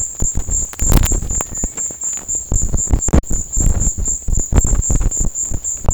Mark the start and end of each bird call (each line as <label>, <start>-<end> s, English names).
Cinereous Tinamou, 1.40-2.15 s